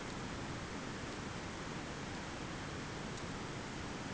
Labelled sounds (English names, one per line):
none